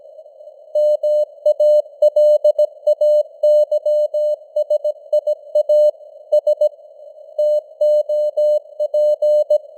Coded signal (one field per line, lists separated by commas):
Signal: Morse code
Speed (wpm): 17 wpm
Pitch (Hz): 600 Hz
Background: none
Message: MALAYSIA S TOP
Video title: Morse Code News | 2025-10-09 | 17wpm